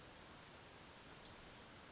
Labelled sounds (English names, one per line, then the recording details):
Western Flycatcher
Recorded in Sonoma County, California